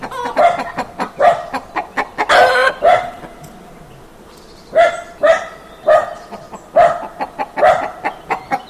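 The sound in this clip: Chicken clucking in short harmonic bursts, two loose runs separated by a quiet gap of about two seconds, with sharp clicking taps among the calls.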